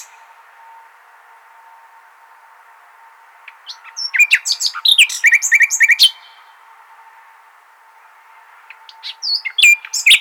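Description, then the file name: Common nightingale song with a complex burst of mixed chirps and rattling notes, a long silent gap, then a new phrase beginning with sharp notes. "Luscinia megarhynchos"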